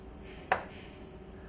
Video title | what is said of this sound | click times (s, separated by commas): One Hole Rigid Conduit Strap, Steel, 3/4 in. | it snaps down it's got a nice tight secure fit to the back wall | 0.5 s